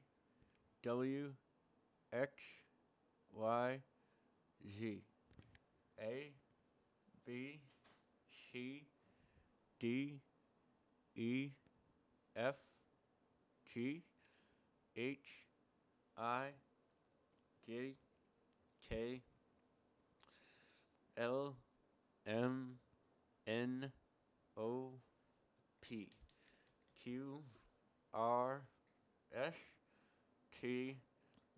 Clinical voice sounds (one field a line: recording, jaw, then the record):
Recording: letters of the alphabet, spoken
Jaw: constrained by a bite bar between the teeth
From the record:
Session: first day, right after the free take